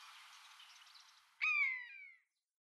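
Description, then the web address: Long-legged buzzard uttering one clear, descending mewing whistle, preceded by a soft rushing hiss. "Schulze Peter Long-legged Buzzard"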